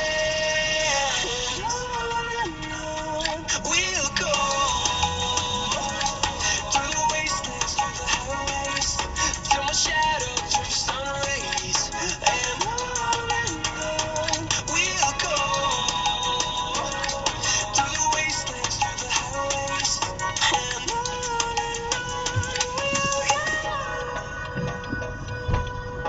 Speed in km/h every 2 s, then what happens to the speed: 0, 0, 0, 0, 0, 0, 0, 0, 0, 0, 0, 6, 2.
0-20 standing. 20-26 steady at about 2.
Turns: none.